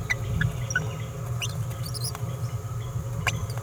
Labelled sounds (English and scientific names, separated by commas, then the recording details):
Green-rumped Parrotlet (Forpus passerinus) babbling
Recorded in a nest box in Venezuela
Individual 18B17A4